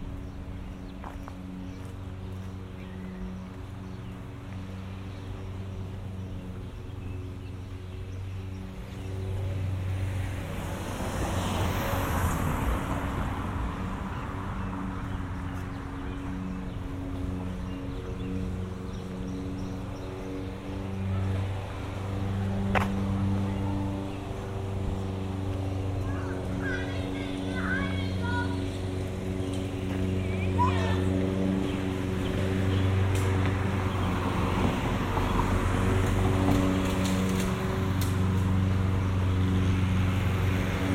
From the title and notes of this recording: Walking home from the mall. A binaural recording of a walk from Cross County Mall to our house in Mount Vernon. An hour long walk through lower Westchester County, in the suburbs of New York City.